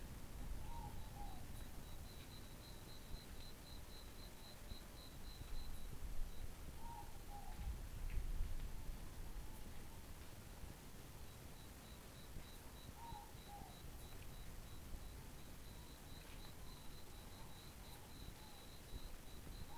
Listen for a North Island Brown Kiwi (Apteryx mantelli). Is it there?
no